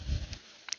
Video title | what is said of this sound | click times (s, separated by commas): Ultra NOVA Lid Motor Replacement - Bidet Repair | Should snap right in place. | 0.7 s